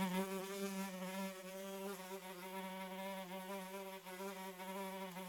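Fly buzzing throughout, a steady harmonic drone that wavers slightly in pitch and loudness as it flies.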